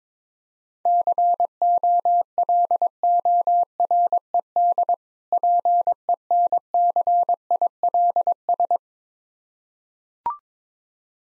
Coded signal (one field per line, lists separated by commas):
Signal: Morse code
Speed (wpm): 22 wpm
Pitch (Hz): 700 Hz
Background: none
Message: COLORED PENCILS